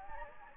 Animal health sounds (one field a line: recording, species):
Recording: mosquito wingbeat signal from an infrared sensor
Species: Anopheles gambiae